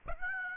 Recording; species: mosquito wingbeat signal from an infrared sensor; Aedes aegypti